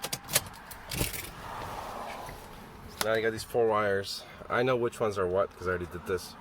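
Plastic interior trim pieces on the dash area of a Lexus LX470 are pressed back into their dashboard clips after an AHC switch install, giving three sharp, short clicks at 0.0, 0.1 and 0.4 seconds as they seat. A soft rustle follows, then someone talks from about 3 seconds on.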